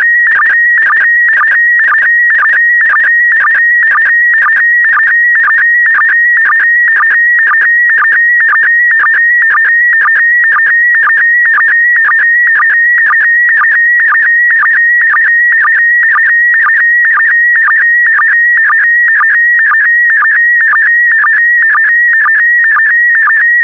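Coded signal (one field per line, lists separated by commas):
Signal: SSTV (slow-scan television)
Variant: PD120 mode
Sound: steady high warbling tone with rhythmic short low blips about twice a second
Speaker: the next image transmission will start in 10 seconds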